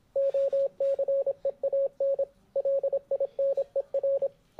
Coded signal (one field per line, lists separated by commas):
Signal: Morse code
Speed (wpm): 26 wpm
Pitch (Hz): 550 Hz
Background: radio noise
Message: OCEAN LINER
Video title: Morse Code